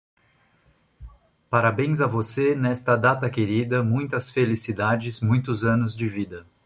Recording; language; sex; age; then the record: short text; Brazilian Portuguese; male; 40 to 49 years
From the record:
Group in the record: control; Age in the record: 43 years